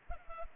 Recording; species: mosquito wingbeat signal from an infrared sensor; Culex pipiens